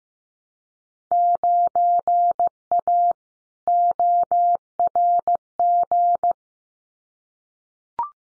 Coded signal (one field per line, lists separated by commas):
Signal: Morse code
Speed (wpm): 15 wpm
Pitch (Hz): 700 Hz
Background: none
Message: 9A ORG